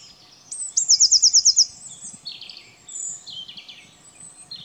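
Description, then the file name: Eurasian blue tit song: a high thin note then a rapid silvery trill of about seven notes, followed by softer high twittering. "Cyanistes caeruleus"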